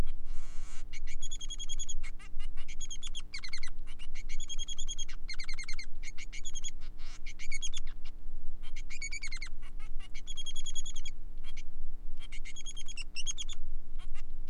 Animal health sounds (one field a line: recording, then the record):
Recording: song of a male Bengalese finch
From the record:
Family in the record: son of father 3